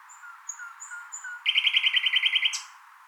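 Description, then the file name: Common nightingale song beginning with four soft, thin, high whistles, then a loud rapid trill of repeated notes and a final higher note. "Luscinia megarhynchos"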